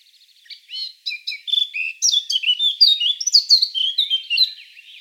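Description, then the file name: Eurasian blackcap singing, soft chattering notes gathering into rich, fluty whistled phrases that rise and fall quickly over about four seconds. "Sylvia atricapilla"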